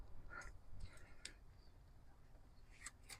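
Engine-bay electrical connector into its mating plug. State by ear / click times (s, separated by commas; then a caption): not seated / none. An engine-bay electrical connector on an R33 Skyline is pushed toward its mating plug after the hoses and clamps have been refitted. Only short plastic-sounding taps and scrapes are heard, at about 1.2, 2.9 and 3.2 seconds, over a low background rumble. The connector fails to go in, and nothing has seated or clicked yet.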